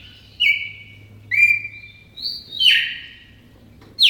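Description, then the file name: Red-crested cardinal song, clear whistled phrases, each a sustained note with a slight downward slide, given about every second with short pauses between. Song variation 4. "suara-kicauan-burung-red-crested-cardinal-variasi-4-omkicau"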